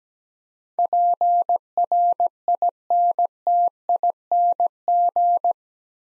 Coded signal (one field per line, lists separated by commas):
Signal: Morse code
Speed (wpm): 17 wpm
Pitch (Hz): 700 Hz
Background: none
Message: PRINTING